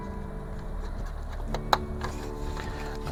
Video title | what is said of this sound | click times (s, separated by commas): AGORA Models 1:200 Scale Build the R.M.S. TITANIC Shipment -16 (Build Video) | Click into place just like that, | 1.7 s